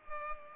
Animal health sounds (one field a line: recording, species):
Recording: mosquito wingbeat signal from an infrared sensor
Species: Culex pipiens